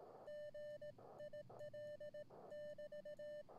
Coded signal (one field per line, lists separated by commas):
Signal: Morse code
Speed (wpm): 18 wpm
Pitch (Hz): 600 Hz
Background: none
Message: GIL <BT>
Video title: Radio Prepper Livestream on July 7th 2004.